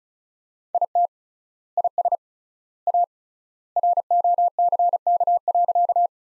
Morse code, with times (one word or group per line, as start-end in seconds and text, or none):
0.7-1.1 IT
1.8-2.2 IS
2.9-3.0 A
3.8-6.1 ROCK.